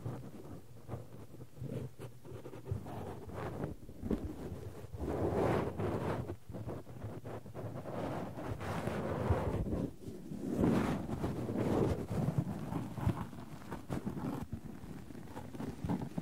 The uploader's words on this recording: ASMR No Talking Extreme Cotton and Tweezers Tingles!